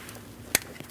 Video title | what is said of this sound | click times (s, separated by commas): How to Replace Spark Plugs 2011-2026 Dodge Durango | Install the connector, push until you hear a click. | 0.6 s